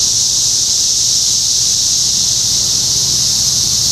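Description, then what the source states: Cicadas in a steady, loud, high buzzing chorus that holds without a break throughout, with faint low rumbling beneath. Recorded in Topeka, Kansas, on 14 June 2015.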